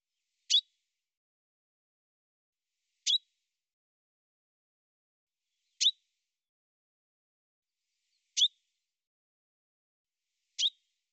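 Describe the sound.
Bird call: five brief high chirps repeated roughly every two and a half seconds, otherwise silent.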